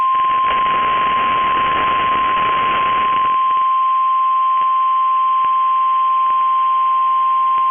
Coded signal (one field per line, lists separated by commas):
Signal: Emergency Alert System (SAME) tones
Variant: 1050 Hz attention tone